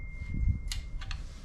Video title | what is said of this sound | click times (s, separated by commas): 2001 Cadillac Deville Northstar blown head gasket repair part 33 | yeah y'all heard that click right | 0.7 s, 1.1 s